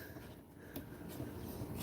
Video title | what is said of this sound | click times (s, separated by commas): findfixxflip is live! AUDI TT first start in 3 years LIVE!! 🔥🙏 | It snaps in on the side. | 0.8 s